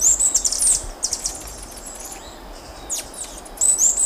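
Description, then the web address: Andean emerald uttering high, thin, squeaky chips and short twittering notes, scattered unevenly throughout. Ecuador. "Birds of Ecuador. Andean Emerald"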